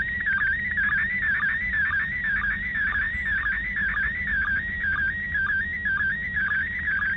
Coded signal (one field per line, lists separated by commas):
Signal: SSTV (slow-scan television)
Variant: PD 120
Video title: SSTV Decoding picture from International Space Station with Yaesu FT-65 handheld 145.800 MHz